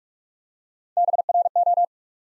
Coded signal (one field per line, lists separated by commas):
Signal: Morse code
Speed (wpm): 43 wpm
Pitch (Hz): 700 Hz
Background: none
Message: BRO